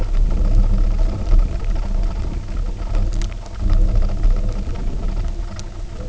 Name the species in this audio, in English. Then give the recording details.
none. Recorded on Arctic tundra, site UTQI-0, on 19 June 2018. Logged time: 02:00